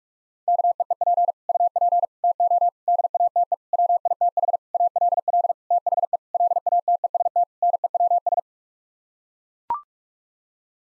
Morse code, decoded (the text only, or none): KEEP UP TO DATE WITH ALL THE LATEST NEWS